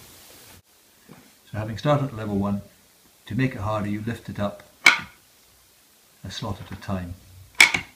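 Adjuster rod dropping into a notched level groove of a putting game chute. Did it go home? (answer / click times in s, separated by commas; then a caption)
yes / 7.6 s, 7.8 s. Someone talks while a putting game chute is lifted one slot at a time, with a sharp tap near 4.9 s. The adjuster rod then drops into the next notched level groove with sharp clicks at 7.6 s and 7.8 s, seating it at the new level.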